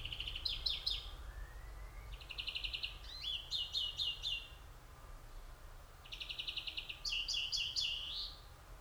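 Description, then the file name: European greenfinch twittering in fast trilled phrases, some rising and mixed with a wheezy note, in three clusters. "Chloris chloris"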